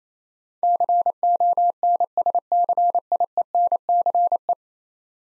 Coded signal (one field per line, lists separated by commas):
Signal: Morse code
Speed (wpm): 27 wpm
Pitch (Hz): 700 Hz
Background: none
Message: CONSCIENCE